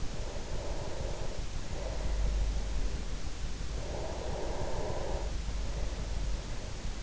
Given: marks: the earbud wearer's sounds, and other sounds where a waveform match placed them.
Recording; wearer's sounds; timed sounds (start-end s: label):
sounds in sleep by an in-ear microphone; breath
0.07-3.52 s: breath
3.74-7.03 s: breath